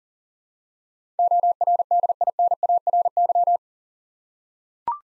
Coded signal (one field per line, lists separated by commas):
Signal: Morse code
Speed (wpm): 42 wpm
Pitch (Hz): 700 Hz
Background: none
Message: ORDINARY